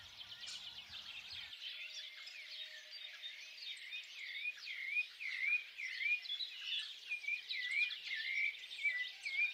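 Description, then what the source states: Birds chirping in a busy chorus, then one bird's clear whistled notes repeat about twice a second over the background twitter. Birds singing at dawn.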